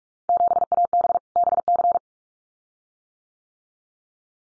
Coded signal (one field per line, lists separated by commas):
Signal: Morse code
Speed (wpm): 44 wpm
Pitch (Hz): 700 Hz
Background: none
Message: 7AB BC